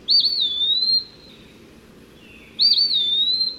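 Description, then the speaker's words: Eastern Wood-Pewee song: two clear, high whistled phrases about 2.5 seconds apart, each a quick wavering note sliding into a long, slightly falling drawn-out whistle. Catchy whistled tune that sounds like the bird saying its name, peewee. "The eastern peewee has a catchy tune, too. Pretty much whistling out its name, peewee."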